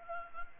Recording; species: mosquito wingbeat signal from an infrared sensor; Anopheles gambiae